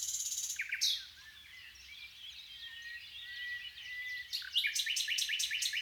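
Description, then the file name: Common nightingale song: a quick high trill, then softer warbled notes, ending in a run of sharp, fast repeated notes. "Luscinia megarhynchos"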